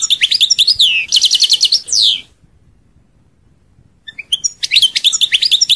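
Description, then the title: European goldfinch song: quick twittering notes and rattling trills for two seconds, a pause of nearly two seconds, then more rapid liquid twitter. "Chant Chardonneret"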